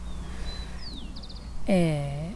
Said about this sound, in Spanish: Y se escuchan los pájaros, y tenemos enfrente el río, y la mariposa, y así, es como todo el tiempo, rodeados, recontra rodeados de esto.